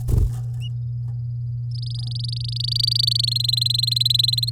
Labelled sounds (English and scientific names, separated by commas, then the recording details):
Domestic Canary (Serinus canaria) song
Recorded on 10 May 2018 at 09:59
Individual llb16